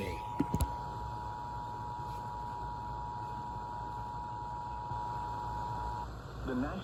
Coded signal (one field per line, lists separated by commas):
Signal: Emergency Alert System (SAME) tones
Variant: 853 and 960 Hz attention tone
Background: speech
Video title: EAS #106 - Severe Thunderstorm Watch (5/4/2021)